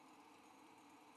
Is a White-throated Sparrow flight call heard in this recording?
no